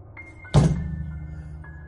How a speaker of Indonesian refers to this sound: Suara benturan terdengar. Suara pintu gubuk yang tiba-tiba terbuka seperti didobrak.